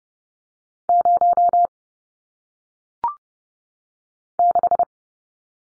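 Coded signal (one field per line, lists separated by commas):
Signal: Morse code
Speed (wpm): 30 wpm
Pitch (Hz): 700 Hz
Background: none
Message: 0 6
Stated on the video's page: Morse practice of single-digit numbers at 30 wpm, each sent, spoken, then sent again.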